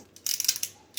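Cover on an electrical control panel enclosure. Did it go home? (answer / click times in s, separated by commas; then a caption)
partly / 0.3 s, 0.4 s, 0.5 s, 0.6 s. The cover of an elevator access-control panel enclosure is closed after the inside has been tidied, producing a quick series of mechanical clicks at 0.3, 0.4, 0.5 and 0.6 seconds. The cover does not fully seat because debris was left inside.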